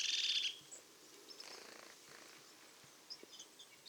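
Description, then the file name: Marsh tit buzzy call: one harsh, rasping note at the start, then faint scattered chirps from other birds. "Poecile palustris"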